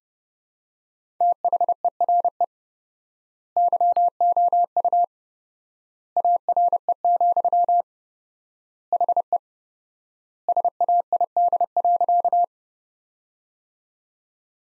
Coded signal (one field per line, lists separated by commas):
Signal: Morse code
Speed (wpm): 32 wpm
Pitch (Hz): 700 Hz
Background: none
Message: THERE YOU ARE, HE SAID.